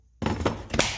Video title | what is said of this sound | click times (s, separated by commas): RYOBI P261K IMPACT WRENCH UNBOX AND REVIEW W/ Link In Descriptio | Clicks right in. | 0.8 s